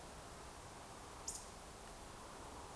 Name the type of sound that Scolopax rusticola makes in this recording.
whistle